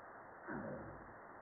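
North Pacific right whale call: a single short tonal moan of about a third of a second, slightly rising with faint harmonics, over a steady hiss.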